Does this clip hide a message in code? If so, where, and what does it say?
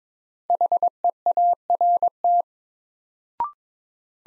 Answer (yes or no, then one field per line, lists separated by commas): yes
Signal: Morse code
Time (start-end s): 0.5-2.4 s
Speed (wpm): 22 wpm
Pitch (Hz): 700 Hz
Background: none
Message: HEART